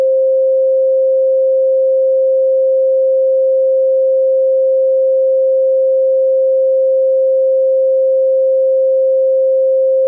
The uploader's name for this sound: Frequency 528 Hz - Pure Tone